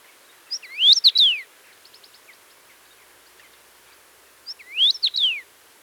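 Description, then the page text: Common rosefinch singing two bright, slurred whistled phrases, each rising and then dropping, four seconds apart, with a few faint short chirps between them. "Common Rosefinch Song Quick Sounds"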